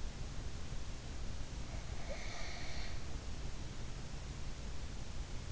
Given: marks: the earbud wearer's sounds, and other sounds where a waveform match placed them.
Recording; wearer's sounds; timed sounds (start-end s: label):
sounds in sleep by an in-ear microphone; snoring breath
1.78-2.89 s: snoring breath